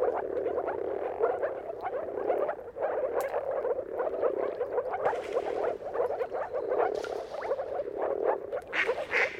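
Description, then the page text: Moor frog chorus of overlapping low bubbling calls forming a steady hum, with a few faint higher sounds breaking through in the second half. Chorus of many moor frogs giving mating calls at sunrise, at the turn of March and April, timing depending on the weather. "earth-fm Jakub-Orzecki. Depending on the weather at the turn of March and April, you can witness an amazing spectacle of moor frogs"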